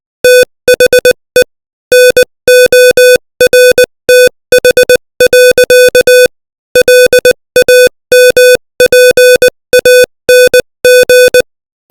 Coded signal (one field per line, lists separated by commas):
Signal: Morse code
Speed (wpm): 20 wpm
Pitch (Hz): 500 Hz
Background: music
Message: THE NORTH. LAMPANG